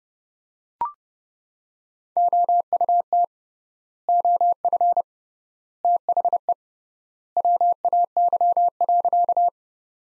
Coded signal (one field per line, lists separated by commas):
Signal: Morse code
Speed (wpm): 30 wpm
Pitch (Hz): 700 Hz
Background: none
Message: OUT OF THE WAY.